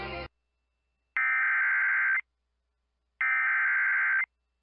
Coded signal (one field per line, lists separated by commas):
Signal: Emergency Alert System (SAME) tones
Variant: header bursts